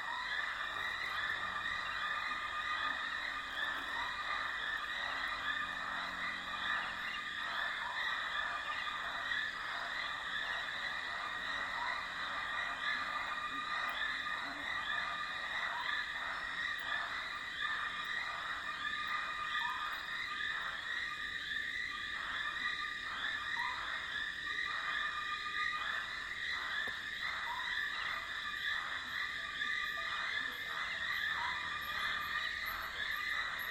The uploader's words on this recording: Durational audio recording of the sound environment around a dry stretch of the Limpopo River in South Africa at the beginning of the rainy season. The recording begins just before dusk and continues through late morning.